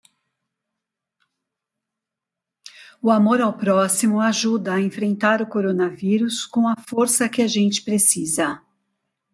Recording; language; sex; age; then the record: spoken sentence; Brazilian Portuguese; female; 50 to 59 years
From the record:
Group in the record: control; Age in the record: 56 years